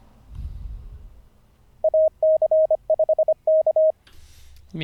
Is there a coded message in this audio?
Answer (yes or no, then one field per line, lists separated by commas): yes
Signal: Morse code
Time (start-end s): 1.8-3.9 s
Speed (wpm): 25 wpm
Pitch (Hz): 630 Hz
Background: speech, radio noise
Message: AC5K